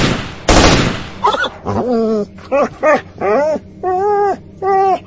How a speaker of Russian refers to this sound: из-за камней послышался лай очередной своры